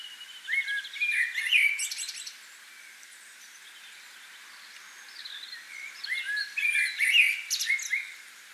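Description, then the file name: Common blackbird song: two mellow warbled phrases, each ending in scratchy high twittering, separated by a pause of about three seconds. "Turdus merula"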